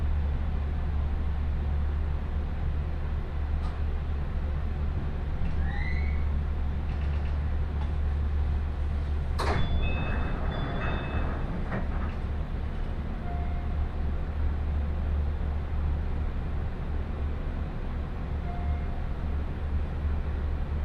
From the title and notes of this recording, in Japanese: 耳で楽しむ鉄道旅 中央西線 恵那→高蔵寺。315系電車が中央本線でデビューしたものの中々乗る機会が無かったのですが、ようやく当たりました。